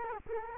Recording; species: mosquito wingbeat signal from an infrared sensor; Culex quinquefasciatus